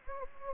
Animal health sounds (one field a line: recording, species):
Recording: mosquito wingbeat signal from an infrared sensor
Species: Anopheles gambiae